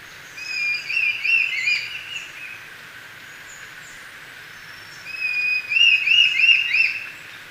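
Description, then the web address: Brown-billed scythebill song: two phrases of rapid, quavering high whistles, each lasting a couple of seconds. Recorded in Ecuador. "Birds of Ecuador Brown-billed Scythebill"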